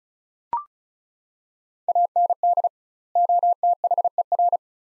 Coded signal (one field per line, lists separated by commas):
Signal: Morse code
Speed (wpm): 36 wpm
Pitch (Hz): 700 Hz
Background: none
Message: AND OTHER